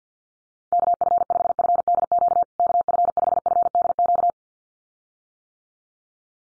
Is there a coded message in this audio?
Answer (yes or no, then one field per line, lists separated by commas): yes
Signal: Morse code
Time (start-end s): 0.7-4.3 s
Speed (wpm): 50 wpm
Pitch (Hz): 700 Hz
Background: none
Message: KF5FDQ KF5FDQ